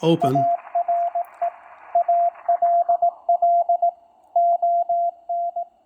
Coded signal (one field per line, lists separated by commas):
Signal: Morse code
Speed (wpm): 18 wpm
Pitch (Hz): 690 Hz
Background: speech, radio noise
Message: ARE ALL ON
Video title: RGO-ONE Transceiver Overview for CW Operators